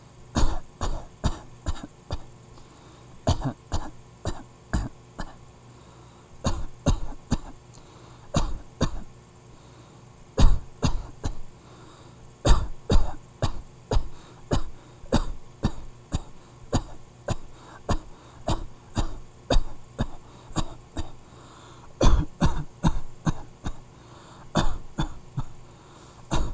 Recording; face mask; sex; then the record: voluntary coughing; none; male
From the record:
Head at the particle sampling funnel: facing it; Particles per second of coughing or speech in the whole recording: 0.433